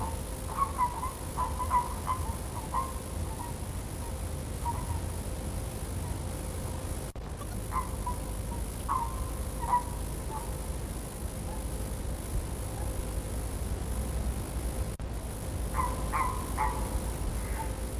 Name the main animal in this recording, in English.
Common Toad